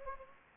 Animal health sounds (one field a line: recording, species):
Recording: mosquito wingbeat signal from an infrared sensor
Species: Anopheles gambiae